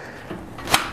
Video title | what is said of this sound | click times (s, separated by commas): ¿Cómo instalar un SSD? | presionamos, hacen el clic. Y listo. | 0.7 s